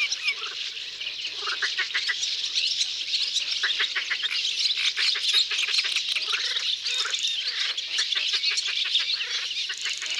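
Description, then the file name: Common starlings in a steady, noisy chorus of unbroken buzzy chatter mixed with sharp clicks and squeals. Several birds recorded in Isère, France. "Etourneaux sansonnets Concerts naturels de l Isere Studio Les Trois Becs"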